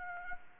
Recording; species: mosquito wingbeat signal from an infrared sensor; Anopheles arabiensis